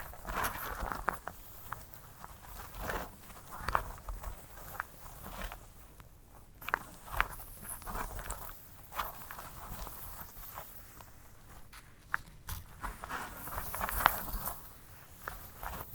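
A sunflower head is handled for ASMR, with dry rustling and crinkly scratching throughout. Sharp crisp snaps and taps break through irregularly, most sharply around four, seven and fourteen seconds, over a faint low rumble underneath.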